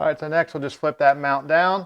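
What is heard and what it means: A man talks while handling the hinged stern-pad mount for a depth-finder transducer on the transom of a Bayliner Element (E16, E18 or E21) boat, about to flip it down into its stern pad bracket. Only his speech is heard. The mount has not snapped or seated yet.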